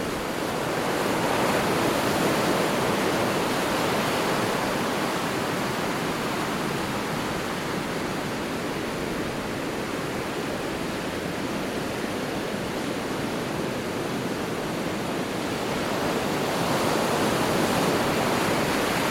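Heavy ocean waves rush in a dense, continuous roar with no quiet gaps between them. The sound stays full and fairly low, swelling slightly near the start and again toward the end. No other sounds rise above the surf.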